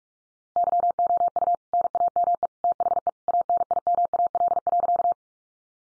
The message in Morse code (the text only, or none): YOU NAME THE ANIMAL.